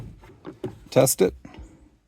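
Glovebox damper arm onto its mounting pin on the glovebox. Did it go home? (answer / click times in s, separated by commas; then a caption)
yes / 0.5 s, 0.6 s. After a cabin air filter swap on a 2024 Acura Integra, the glovebox damper arm is pulled down against its upward pull and onto its mounting pin on the glovebox. Sharp snaps are heard at 0.5 and 0.6 seconds as the arm seats, followed by louder handling sounds as the glovebox is tested. Someone talks, and the arm is snapped back on.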